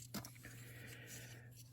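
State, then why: Seated. The second plastic foot panel on a Transformers Studio Series Blurr action figure is untabbed and folded back into the figure's leg. It snaps into place with a sharp click at 0.1 s, followed by faint handling ticks and rustles. The panel is seated.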